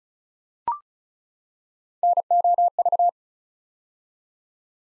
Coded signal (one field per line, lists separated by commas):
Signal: Morse code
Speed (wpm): 36 wpm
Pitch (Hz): 700 Hz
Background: none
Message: NOV